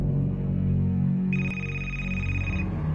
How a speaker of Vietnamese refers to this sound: Chuông điện thoại của nó đổ. Nó lo lắng đánh rơi chiếc máy xuống đất. Chiếc điện thoại tắt ngấm ngay sau đó.